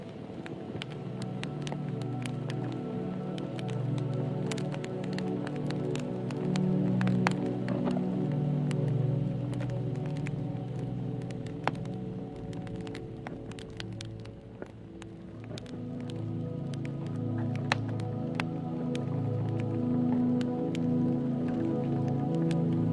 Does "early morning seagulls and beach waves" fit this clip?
no